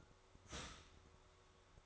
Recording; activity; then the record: daily activity, microphone in the room; start toaster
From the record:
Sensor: 3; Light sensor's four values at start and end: 4/11/4/4 and 4/11/4/4